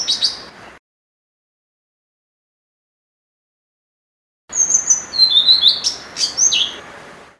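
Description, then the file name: Blue-throated flycatcher singing a short fragment, then a longer burst of sweet, high warbled whistles with sliding notes after a silent break, faint hiss beneath. "kicau sikatan blue throated. omkicau"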